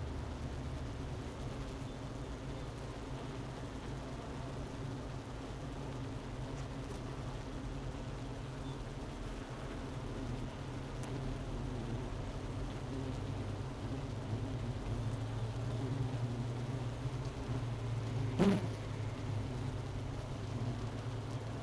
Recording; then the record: honeybee colony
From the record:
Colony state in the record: missing queen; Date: 31 May 2018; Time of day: 11:39